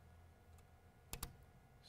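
A plastic service-stop extension is lined up with the groove on the valve service stop in the wall and snapped onto it. Two sharp plastic clicks sound at 1.1 s and 1.2 s over a low steady background. The extension is seated.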